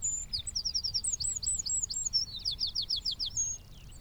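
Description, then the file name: Eurasian wren giving a continuous high, fast song of quick sharp notes and short trills, over a low background hum. "Troglodytes troglodytes"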